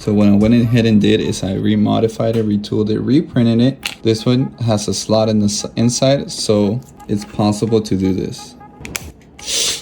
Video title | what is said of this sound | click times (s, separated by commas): CUSTOM WOLVERINE Marvel vs. Capcom (Marvel Legends) | Oh, you hear that clicking sound? Oh, it's fucking juicy, bro. | 8.9 s, 9.0 s